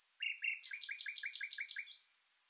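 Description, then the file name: Common nightingale song phrase: a high whistled note, then a fast series of about ten repeated chirps with bright overtones, ending abruptly. "Luscinia megarhynchos"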